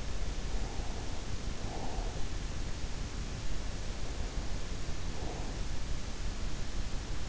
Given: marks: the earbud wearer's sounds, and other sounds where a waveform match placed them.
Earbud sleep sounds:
sounds in sleep by an in-ear microphone; breath
1.33-2.67 s: breath

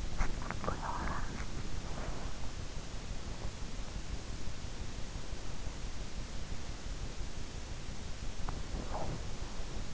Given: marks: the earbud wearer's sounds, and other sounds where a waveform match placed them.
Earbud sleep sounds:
sounds in sleep by an in-ear microphone; body movement, talking in sleep, swallowing
0.00-0.69 s: body movement
0.53-2.34 s: talking in sleep
8.23-9.52 s: swallowing

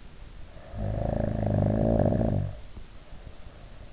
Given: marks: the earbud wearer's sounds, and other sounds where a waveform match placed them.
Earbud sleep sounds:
sounds in sleep by an in-ear microphone; snoring breath
0.32-3.87 s: snoring breath

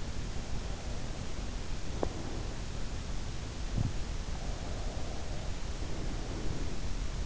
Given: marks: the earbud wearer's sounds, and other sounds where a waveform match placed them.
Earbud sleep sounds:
sounds in sleep by an in-ear microphone; breath
0.58-2.77 s: breath
3.62-4.02 s: sound from someone else or the room
4.20-7.26 s: breath

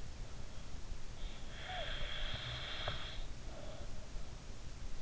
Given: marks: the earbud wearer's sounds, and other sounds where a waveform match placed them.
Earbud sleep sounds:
sounds in sleep by an in-ear microphone; breath
1.52-4.62 s: breath

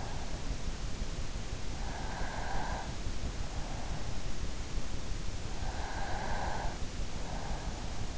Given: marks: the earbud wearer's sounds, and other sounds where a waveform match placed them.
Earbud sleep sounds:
sounds in sleep by an in-ear microphone; breath
2.01-3.38 s: breath
5.66-6.92 s: breath

